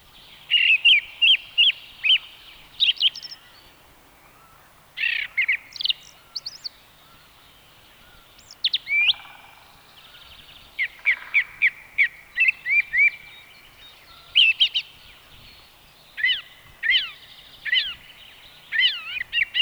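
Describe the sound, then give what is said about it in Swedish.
A song thrush sings alone, delivering bright, high whistled and chirping phrases, each short motif repeated two to four times before a brief pause and a new variation. “Det var koltrast, nu följer taltrast.”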